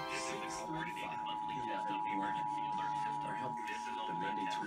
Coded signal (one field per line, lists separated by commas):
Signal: Emergency Alert System (SAME) tones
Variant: 853 and 960 Hz attention tone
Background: speech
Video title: Orange County Required Monthly Tests (EAS #3729-3748) 5/20/21